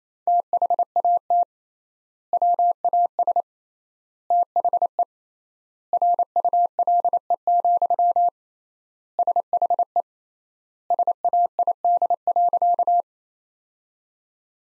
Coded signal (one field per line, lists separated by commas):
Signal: Morse code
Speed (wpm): 28 wpm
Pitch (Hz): 700 Hz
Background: none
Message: THAT WAS THE RULE, SHE SAID.